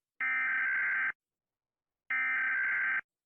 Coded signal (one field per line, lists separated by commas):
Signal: Emergency Alert System (SAME) tones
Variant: header bursts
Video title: Country’s EAS Alarms Animated (MY WAY) Series 1